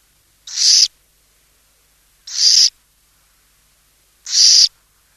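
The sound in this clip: Burrowing owl producing three loud, breathy screeching rasps, evenly spaced about two seconds apart, with silence between them.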